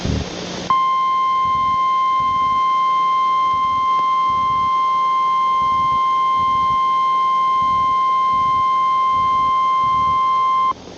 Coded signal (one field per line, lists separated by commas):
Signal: Emergency Alert System (SAME) tones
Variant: 1050 Hz attention tone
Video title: Scary Tiktok Compilation 9 (VALID EAS TONES)